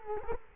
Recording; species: mosquito wingbeat signal from an infrared sensor; Culex quinquefasciatus